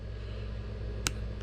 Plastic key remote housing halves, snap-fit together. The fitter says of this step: and you hear it popping up.